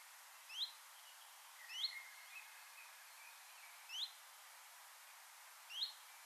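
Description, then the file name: Common blackbird calls: four short, sharp high notes spaced irregularly over about six seconds, with faint twittering and a steady background hiss. "Turdus merula"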